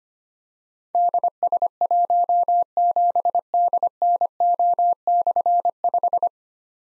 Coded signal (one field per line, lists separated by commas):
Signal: Morse code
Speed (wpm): 25 wpm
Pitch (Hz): 700 Hz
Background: none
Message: DS17DNO/5